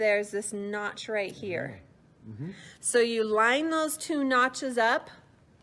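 A plastic accent tip is being lined up notch to notch with a handheld skincare device and wiggled into place while someone talks. The clip ends before the tip snaps on, so nothing has seated or clicked yet.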